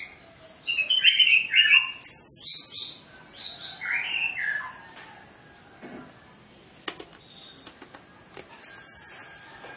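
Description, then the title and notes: Orange-headed Thrush song with tumbling warbled phrases for several seconds, fading into faint clicks and a brief high hiss. Lure training recording of full mimicry-filled song, played to prompt Orange-headed Thrushes to sing quickly and freely. "Masteran Anis Kembang Full Isian Untuk Suara Pancingan Anis Kembang Agar Cepat Ngeplong. Suara Burung Anis Kembang"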